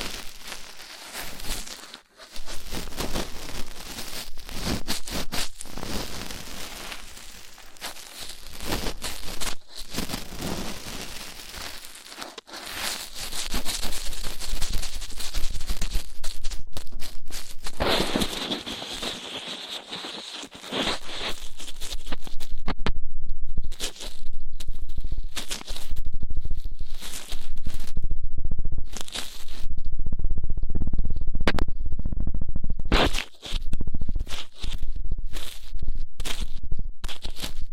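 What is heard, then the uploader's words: Rough ear cleaning: dense, constant scratching and rubbing, muffled and rumbling, with brief dropouts and louder, choppier scraping after about twenty seconds. ASMR Rough Ear Cleaning (No Talking).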